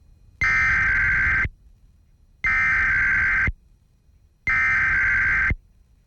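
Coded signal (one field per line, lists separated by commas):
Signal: Emergency Alert System (SAME) tones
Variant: header bursts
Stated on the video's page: Tornado warning EAS activations aired on a news and talk radio station during a hurricane.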